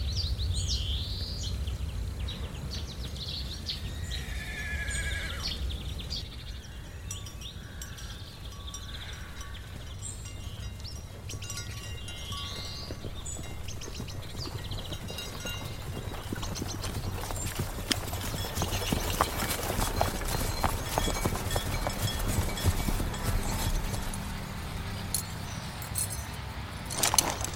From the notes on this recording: calming lake ambience